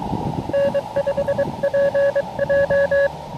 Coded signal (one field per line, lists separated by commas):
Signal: Morse code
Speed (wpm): 26 wpm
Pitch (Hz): 590 Hz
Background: none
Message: N5PJ